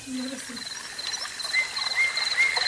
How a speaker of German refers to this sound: Ich habe hier die Vogelkulisse Frühling aufgebaut.